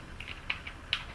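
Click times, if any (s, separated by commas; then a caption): 0.9 s. An SD memory card is pushed into the card slot of a handheld car diagnostic scan tablet. Faint scraping leads into a sharp click at 0.5 seconds, then a louder, sharp click at 0.9 seconds. The card clicks into place and is seated.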